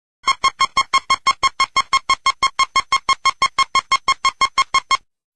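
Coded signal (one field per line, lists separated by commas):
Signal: none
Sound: background music notes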